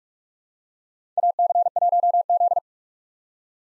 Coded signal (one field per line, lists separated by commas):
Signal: Morse code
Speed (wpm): 46 wpm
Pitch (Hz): 700 Hz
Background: none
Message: AC1Z